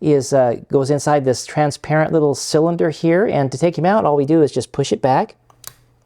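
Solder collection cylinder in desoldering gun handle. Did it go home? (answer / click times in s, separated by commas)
released / 5.7 s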